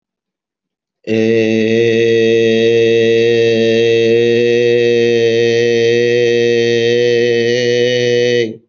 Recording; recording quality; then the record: sustained vowel as in made; excellent, no background noise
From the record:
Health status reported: healthy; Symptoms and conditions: none ticked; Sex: male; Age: 32 years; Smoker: not ticked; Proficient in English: yes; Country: India